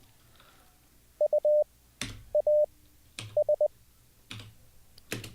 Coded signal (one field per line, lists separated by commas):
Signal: Morse code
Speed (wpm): 20 wpm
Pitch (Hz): 600 Hz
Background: none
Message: U A S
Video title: How To Learn Morse Code LIVE with N0SSC (Day 2)